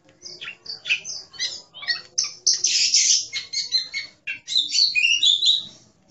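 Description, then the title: Oriental magpie-robin pouring out a dense, varied song of quick chips, scratchy notes and bright whistles in near-continuous phrases. "Kacer5"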